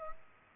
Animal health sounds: mosquito wingbeat signal from an infrared sensor; Culex pipiens

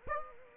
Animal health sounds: mosquito wingbeat signal from an infrared sensor; Aedes aegypti

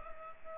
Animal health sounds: mosquito wingbeat signal from an infrared sensor; Culex pipiens

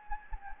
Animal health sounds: mosquito wingbeat signal from an infrared sensor; Anopheles gambiae

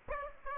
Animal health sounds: mosquito wingbeat signal from an infrared sensor; Aedes aegypti

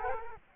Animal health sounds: mosquito wingbeat signal from an infrared sensor; Culex quinquefasciatus

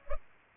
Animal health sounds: mosquito wingbeat signal from an infrared sensor; Culex pipiens

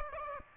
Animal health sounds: mosquito wingbeat signal from an infrared sensor; Aedes aegypti

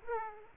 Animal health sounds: mosquito wingbeat signal from an infrared sensor; Aedes aegypti

